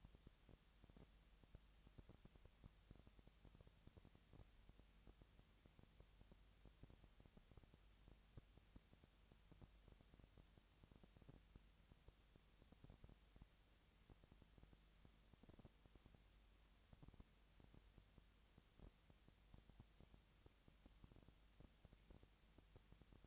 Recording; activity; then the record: daily activity, microphone in the room; no activity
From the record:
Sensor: 3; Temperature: 20.6 degrees Celsius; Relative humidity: 35.7%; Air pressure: 998.8 hPa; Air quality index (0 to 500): 236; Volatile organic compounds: 72 ppm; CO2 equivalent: 3539 ppm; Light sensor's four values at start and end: 2/3/2/2 and 2/3/2/2